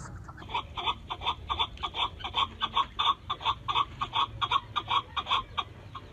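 Partridge giving harsh, grating notes repeated rapidly, about two or three per second in a steady run, over a low rumbling background noise.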